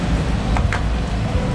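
A removable laptop battery is lined up in its battery bay and folded forward into place, where the latch locks automatically because it is folded to the front. Two short, sharp clicks are heard at 0.6 s and 0.7 s over a steady background hiss. The battery latches home and is seated.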